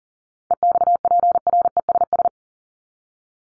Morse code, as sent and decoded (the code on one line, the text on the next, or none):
. -..- .--. .-. . ... ...
EXPRESS